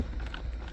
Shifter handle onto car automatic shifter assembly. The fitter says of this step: until it clicks in there and then you should get pressure here once you have that